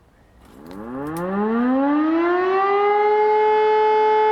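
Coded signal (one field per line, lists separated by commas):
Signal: siren signal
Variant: E57 electromechanical siren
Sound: electromechanical siren winding up from low growl to a steady loud wail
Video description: Monatlicher Probealarm der Feuerwehrsirenen in Alfter am 20.03.2021 um 11.45 Uhr mit dem Signal "Feueralarm".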